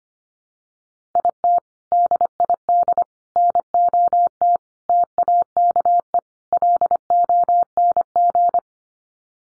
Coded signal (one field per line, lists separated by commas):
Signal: Morse code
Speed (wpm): 25 wpm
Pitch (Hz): 700 Hz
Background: none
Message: IT DID NOT TAKE LONG